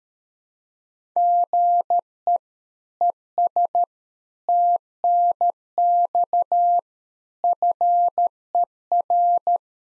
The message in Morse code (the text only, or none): GE ES TNX FER